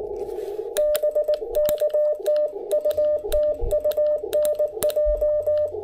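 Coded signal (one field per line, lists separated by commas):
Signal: Morse code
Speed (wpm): 18 wpm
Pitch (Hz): 600 Hz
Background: none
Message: BK TU TU NJ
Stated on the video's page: CW sent with an IC-705 and MC-750 vertical during a cabin park activation; key clicks picked up by camera mic.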